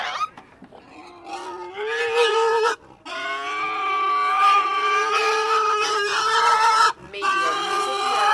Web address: the-sound-pack-tree -screaming pigs